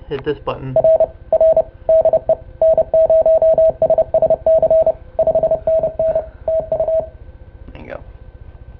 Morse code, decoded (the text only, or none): R R DE N0SSC 5NN TU